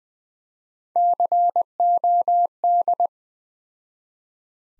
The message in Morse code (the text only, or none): COD